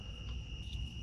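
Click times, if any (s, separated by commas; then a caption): none. A wire terminal is handled at the plastic plug housing of a headlight connector during a headlight retrofit on a bricknose OBS Ford, to be pushed in until it clicks. Only a steady high-pitched cricket-like tone and low rumbling background noise are heard. Nothing has seated or clicked yet.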